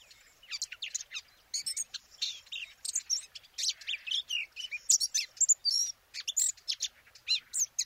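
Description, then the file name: Eurasian blackcap warbling, rapid phrases of chattering and fluty whistles running to the end. "Sylvia atricapilla"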